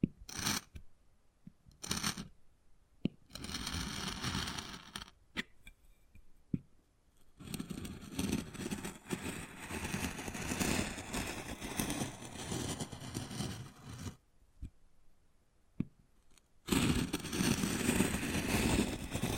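Wood carving with short bursts of scraping and tapping in the first seven seconds, separated by silent gaps. A longer stretch of dense, rough scratching runs from about 7 to 14 seconds, then after a quieter pause, steady gritty scraping resumes to the end.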